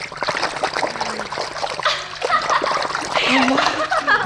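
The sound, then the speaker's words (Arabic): Water splashes and sloshes noisily for several seconds, with bursts of churning and dripping as a half-fish woman, daughter of the sea king, breaks through the surface, while a voice murmurs faintly underneath. “طب غابت ليه تحت الميه؟ وتقول لي استناني، هي عادت هترجع تاني.”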